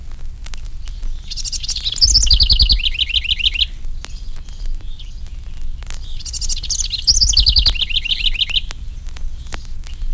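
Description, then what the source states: House Wren song: two bubbling bursts of rapid high notes, each dropping into a lower trill, about five seconds apart, over low background rumble. Two house wrens singing; songs described as bubbling.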